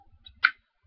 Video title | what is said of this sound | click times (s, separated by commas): Unboxing LG Optimus Q, NET10 phone LG L55C | it snaps in place. Very nice. | 0.4 s